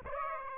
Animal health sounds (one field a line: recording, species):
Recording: mosquito wingbeat signal from an infrared sensor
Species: Aedes aegypti